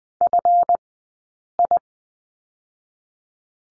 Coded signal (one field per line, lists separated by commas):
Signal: Morse code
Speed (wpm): 20 wpm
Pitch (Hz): 700 Hz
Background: none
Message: FI